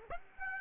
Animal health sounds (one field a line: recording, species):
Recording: mosquito wingbeat signal from an infrared sensor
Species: Aedes aegypti